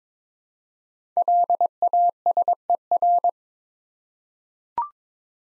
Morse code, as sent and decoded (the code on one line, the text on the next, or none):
.-.. .- ... . .-.
LASER